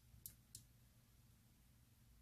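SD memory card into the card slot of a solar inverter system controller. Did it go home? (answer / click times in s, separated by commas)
yes / 0.3 s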